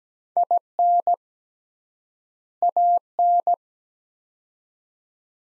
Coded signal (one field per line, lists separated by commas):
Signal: Morse code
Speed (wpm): 17 wpm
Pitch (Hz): 700 Hz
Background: none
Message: IN AN